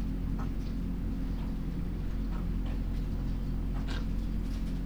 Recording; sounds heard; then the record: poultry house recording; sick chickens (respiratory disease)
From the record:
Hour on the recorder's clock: 1